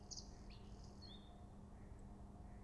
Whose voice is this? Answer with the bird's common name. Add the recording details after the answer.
Mallard. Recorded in Germany. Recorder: ecoPi